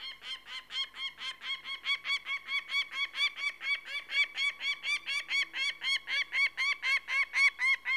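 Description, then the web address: Peregrine falcon gives a long, steady series of grating, nasal kak notes, roughly four per second, building slightly in loudness. "The BBC Sound Effects Library. Peregrine Falcon"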